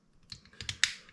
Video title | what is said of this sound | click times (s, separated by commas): Build The Iron Man - Mark III - Episodes 11-14 - Completing the Right Arm 🦾 + *MARVEL EXCLUSIVE*🤫 | so there you go you just heard that click so that's that one | 0.8 s